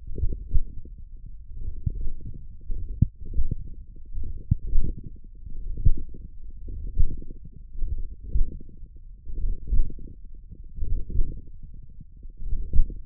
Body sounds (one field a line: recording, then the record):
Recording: forearm muscle sounds (acoustic myography)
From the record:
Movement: hand closing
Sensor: system 1, eight BSWA MPA416 microphones around the upper forearm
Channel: 6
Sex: male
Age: 42 years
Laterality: right